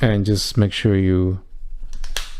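Someone talks, then presses the plastic legs of a Transformers Studio Series 109 Concept Art Megatron toy together into their tabs. A few small clicks come first, then a sharp click at 2.2 s as the legs tab in and seat.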